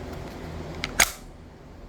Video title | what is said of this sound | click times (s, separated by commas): CCW Holster option in california | hear that click | 0.8 s, 1.0 s